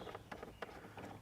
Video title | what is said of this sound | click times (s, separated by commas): Quad Lock Vent Mount: Full Review, Easy Install & Top Accessories (Tested!) | It feels it locks into place. | 0.3 s, 0.6 s